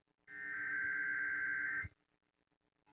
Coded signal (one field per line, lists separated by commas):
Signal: Emergency Alert System (SAME) tones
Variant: header bursts